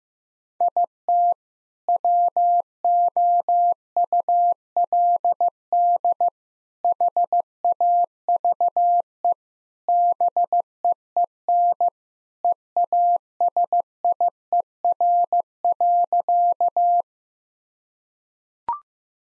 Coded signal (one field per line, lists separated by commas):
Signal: Morse code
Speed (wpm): 16 wpm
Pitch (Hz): 700 Hz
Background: none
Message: IT WOULD HAVE BEEN EASIER.